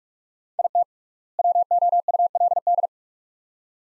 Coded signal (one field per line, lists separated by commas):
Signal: Morse code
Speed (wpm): 41 wpm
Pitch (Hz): 700 Hz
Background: none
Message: IT WOULD